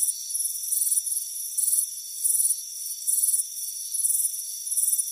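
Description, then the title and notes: High trilled cricket chirps come in bursts less than a second apart, against a steady shrill background hum. Crickets chirping on a warm afternoon by a front porch with a hammock. "Soothing Crickets Chirping Sound. It's a warm afternoon as you relax in a hammock on the front porch. Relax and fall asleep to the soothing sound of chirping crickets"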